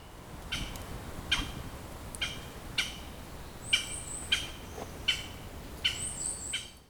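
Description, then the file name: Japanese green woodpecker calls: a series of loud, sharp call notes, roughly one every three quarters of a second, with some thin, high notes from another bird. "aogera"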